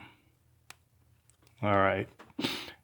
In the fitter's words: plug your electrical connector to it so I'm gonna push it in until we hear it click